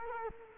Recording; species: mosquito wingbeat signal from an infrared sensor; Culex quinquefasciatus